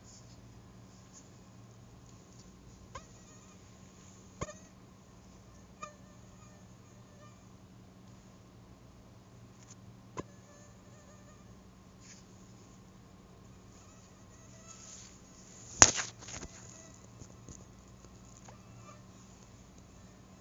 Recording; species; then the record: mosquito flight sound by mobile phone; Anopheles stephensi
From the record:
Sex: female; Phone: Google Nexus